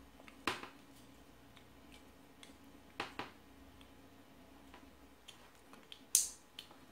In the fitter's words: o clique pessoal o laranja já está conectado